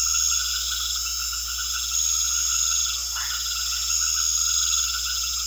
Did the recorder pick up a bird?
no